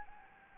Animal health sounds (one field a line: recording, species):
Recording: mosquito wingbeat signal from an infrared sensor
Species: Anopheles gambiae